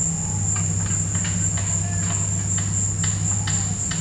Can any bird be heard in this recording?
no